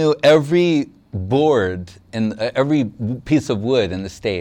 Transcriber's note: none